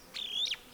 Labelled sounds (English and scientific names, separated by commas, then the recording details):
Superb Starling (Lamprotornis superbus) flight call
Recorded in Kenya